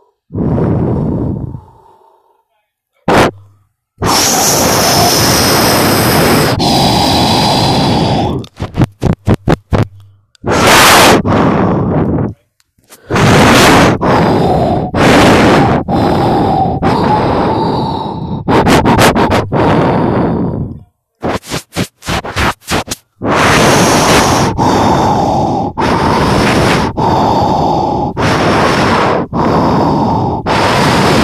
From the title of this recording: Breathing heavily